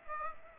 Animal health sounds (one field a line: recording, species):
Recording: mosquito wingbeat signal from an infrared sensor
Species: Aedes aegypti